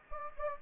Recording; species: mosquito wingbeat signal from an infrared sensor; Anopheles gambiae